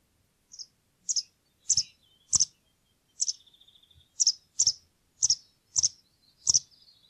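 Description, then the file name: White wagtail giving sharp high chirping notes, single or doubled, repeated at irregular intervals, with a faint thin sound between some notes. "linerle"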